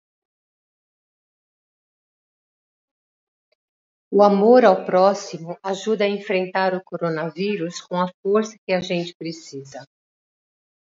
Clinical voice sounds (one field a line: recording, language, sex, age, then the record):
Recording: spoken sentence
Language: Brazilian Portuguese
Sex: female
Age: 60 to 69 years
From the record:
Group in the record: control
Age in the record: 62 years